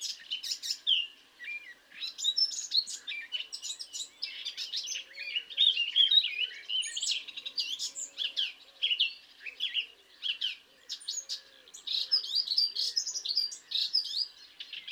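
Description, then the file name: Eurasian blackcap, a long, near-continuous babbling warble of mixed sweet and scratchy notes. "Sylvia atricapilla"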